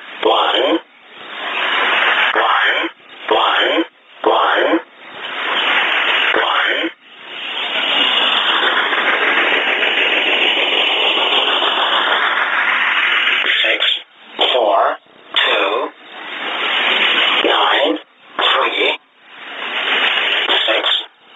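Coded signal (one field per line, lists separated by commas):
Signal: numbers station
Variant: E07, English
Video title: 16 03 2019 E07 English Man Numbers station in English 0740 on 12112 unknown tx site in USB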